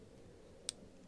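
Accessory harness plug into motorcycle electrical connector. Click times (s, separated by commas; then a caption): 0.7 s. A Harley-Davidson accessory harness plug from a 69201599A mid-bike electrical connection update kit is pushed into its mating connector under the motorcycle seat. A single sharp click at 0.7 s marks the plug latching and seating, over a low, steady background hum.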